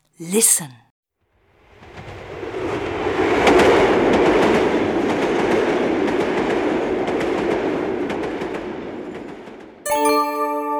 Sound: fx: train